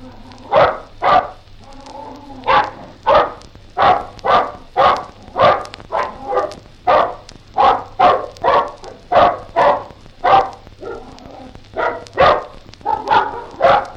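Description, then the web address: Bulldog giving many gruff barks at an uneven pace, some closely paired, with a faint low hum throughout. "BBC Bulldog"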